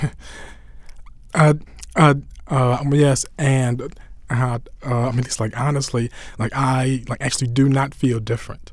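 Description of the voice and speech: Adult man's speech opens with drawn-out 'uh' sounds, pauses and repeated 'like I' phrases, typical of stuttering. He has stuttered since childhood, and it grew much worse at age 9.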